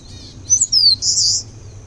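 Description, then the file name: Eastern crowned warbler giving one high, fast phrase of sliding whistled notes that closes with a dense buzzy trill. "warbler-eastern-crowned -Phylloscopus-coronatus"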